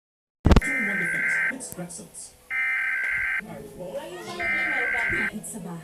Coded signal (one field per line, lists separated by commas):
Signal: Emergency Alert System (SAME) tones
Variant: header bursts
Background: speech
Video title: rating eas alarms!